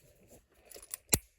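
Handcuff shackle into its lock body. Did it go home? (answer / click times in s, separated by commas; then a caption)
yes / 1.1 s. An antique metal handcuff's shackle is closed into its lock body, passing over a small lip inside the lock. Quieter metallic ticks build up and end in one sharp click at 1.1 s, when the shackle seats over its catch.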